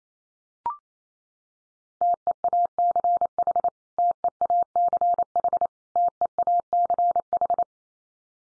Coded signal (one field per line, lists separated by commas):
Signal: Morse code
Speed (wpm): 28 wpm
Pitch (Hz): 700 Hz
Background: none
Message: TEACH TEACH TEACH